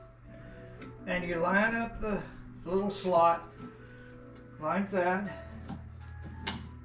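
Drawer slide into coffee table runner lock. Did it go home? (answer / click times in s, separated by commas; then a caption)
yes / 6.5 s. A drawer is slid onto the runners of a lift-top coffee table with its slot lined up and pushed in while someone talks. At 6.5 s a sharp snap is heard as the drawer slide lock clicks into place, and the drawer is seated.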